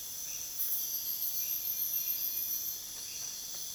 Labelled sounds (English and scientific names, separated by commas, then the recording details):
none
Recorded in dense forest near Puerto Asís, Putumayo, Colombia, on 29 June 2025 at 04:30
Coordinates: 0.484, -76.325
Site H65